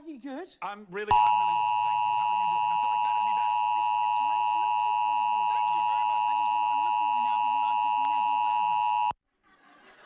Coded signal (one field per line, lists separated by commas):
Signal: Emergency Alert System (SAME) tones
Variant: 853 and 960 Hz attention tone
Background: speech